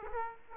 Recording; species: mosquito wingbeat signal from an infrared sensor; Aedes aegypti